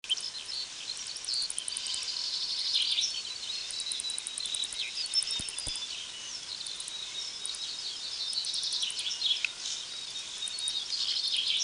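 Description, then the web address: Rifleman calling: several runs of very high, thin, rapid ticking notes over other high twittering. "birdsong"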